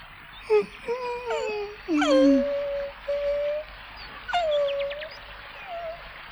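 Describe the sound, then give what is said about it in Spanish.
A wolf whimpers and howls in a string of wavering, mournful whines, each sliding downward in pitch, some overlapping, with brief pauses between cries and no talking. “Si los lobos pudiéramos llorar, hubiera llorado.”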